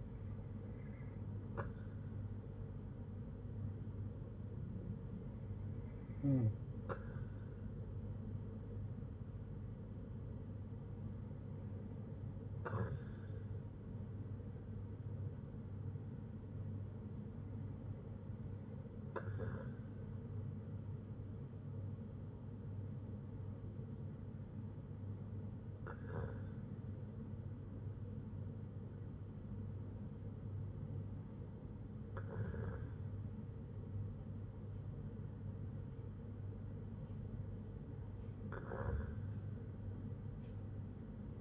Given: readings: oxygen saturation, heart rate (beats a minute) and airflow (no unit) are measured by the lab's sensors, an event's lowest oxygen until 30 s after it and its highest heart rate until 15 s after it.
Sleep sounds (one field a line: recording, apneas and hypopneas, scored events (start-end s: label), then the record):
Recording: breathing in sleep by a smartphone at the bedside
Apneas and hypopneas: none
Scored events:
none scored
From the record:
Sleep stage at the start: N2 (light sleep)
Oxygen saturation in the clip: 94 to 96%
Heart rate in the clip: 59 to 65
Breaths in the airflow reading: 7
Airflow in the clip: -5.5 to 4.9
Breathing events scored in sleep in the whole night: 182 in 7.4 hours asleep